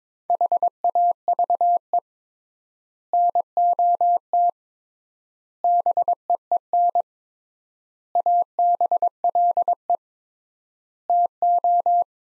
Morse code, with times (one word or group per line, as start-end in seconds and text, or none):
0.3-2.0 HAVE
3.1-4.5 NOT
5.6-7.0 BEEN
8.2-10.0 ABLE
11.1-12.0 TO